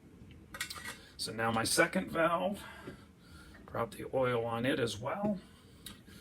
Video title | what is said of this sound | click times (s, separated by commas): Trumpet Care - How to give a bath | spread it around inside that cylinder clicks into place carefully start the threads | 5.9 s